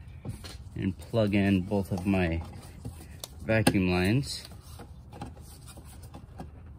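Someone talks while handling the two vacuum line connectors of a 2012–2018 BMW 528i with the N20 2.0 turbo engine, about to push them onto their engine vacuum fittings after the ignition coil cover work during a spark plug replacement. A few short, sharp handling ticks sound between and after the speech. Nothing has snapped on or clicked yet.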